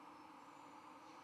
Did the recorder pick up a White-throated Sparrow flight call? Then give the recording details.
no. No flight call is heard. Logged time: 10:41 on 11 November 2014